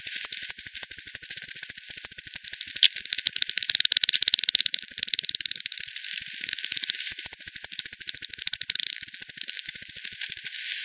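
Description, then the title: Bats' echolocation made audible: fast, crowded clicking ticks overlapping throughout, with brief moments where pulses space out. Multiple bats by the Hogsmill River at Hogsmill Lane, 7 October 2020 at 18:10; frequency-division bat detector recording (divide by 10), bandpass filtered and resampled. "WW bat 20201007 T 18 : 10 Z-Hogsmill-Lane-Hogsmill-River-multiple-bats"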